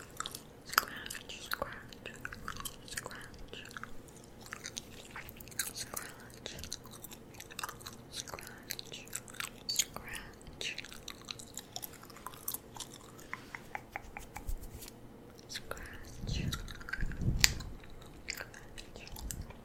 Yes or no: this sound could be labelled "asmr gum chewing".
yes